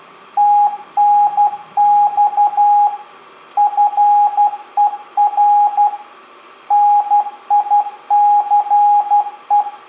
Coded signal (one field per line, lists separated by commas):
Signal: Morse code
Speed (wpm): 12 wpm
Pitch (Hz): 820 Hz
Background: radio noise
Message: TNX FER NICE